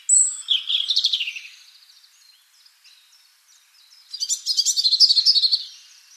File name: Erithacus rubecula